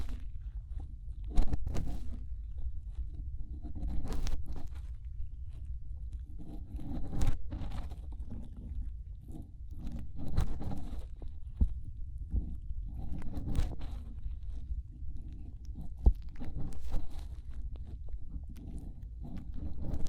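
Fingers rub and press inside the ear, giving a low, muffled rumble that swells and fades throughout. Brief crackling scrapes and crunchy pops break through irregularly, clustering around 1–2, 7, 10, 13 and 17 seconds, with one sharp click near 16 seconds.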